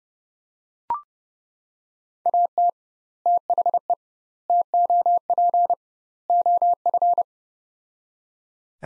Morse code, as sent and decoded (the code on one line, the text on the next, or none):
.- - / - .... . / - --- .--. / --- ..-.
AT THE TOP OF